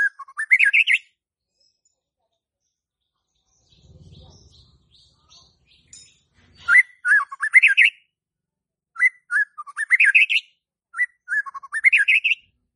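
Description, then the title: White-rumped shama song: repeated bursts of rich, rising whistled phrases with pauses between them and a faint low rumble in the middle. Lure for a stressed murai batu (shama) that has stopped singing (stres, macet). "PANCINGAN Murai Batu STRES & MACET"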